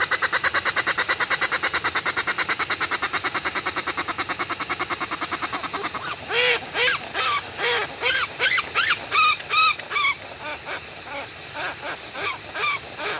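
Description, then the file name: Westland petrel song opening with a rapid buzzy rattle, then breaking into loud, hoarse, arched notes repeated about twice a second. "westland black petrel song"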